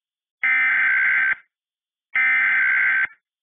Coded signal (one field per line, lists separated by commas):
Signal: Emergency Alert System (SAME) tones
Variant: header bursts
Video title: EAS Request Scenario:Continue Racisim (Requested by To Be Announced)